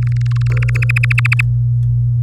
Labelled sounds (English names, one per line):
Domestic Canary song